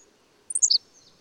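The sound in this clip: Bird song: one quick phrase of four high, sharp notes stepping downward, lasting under half a second, with quiet background otherwise.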